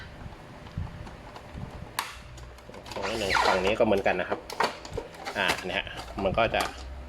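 During a mainboard replacement on an Epson L210, L220, L350, L355, L360 or L365 printer, a plastic cover is pushed up into the printer body's side latches after a retry, with sharp handling knocks around 2.0 s and 4.9 s while someone talks. The clip ends before the cover goes home; nothing has seated or clicked yet.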